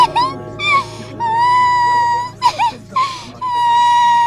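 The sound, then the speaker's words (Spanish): A professional mourner's voice performs exaggerated 'medium' crying offered for a wake: long, high, wavering wails held for a second or more, broken by short sobbing gasps and breathy catches between them. “Llanto medium.”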